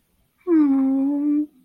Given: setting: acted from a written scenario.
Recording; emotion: vocal sound without words; sadness